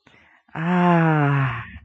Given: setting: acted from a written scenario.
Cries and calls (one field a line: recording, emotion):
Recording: vocal sound without words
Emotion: contentment